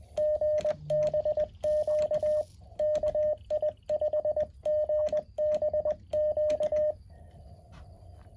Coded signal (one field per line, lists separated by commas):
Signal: Morse code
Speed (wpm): 20 wpm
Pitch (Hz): 610 Hz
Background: radio noise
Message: GBQ KI5GBQ